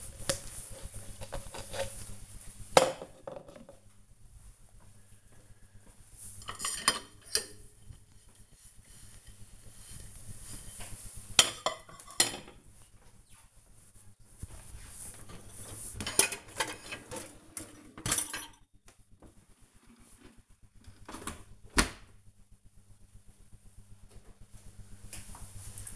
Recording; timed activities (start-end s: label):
household activities, microphone on the right wrist
0.00-21.05 s: cleaning out the dishwasher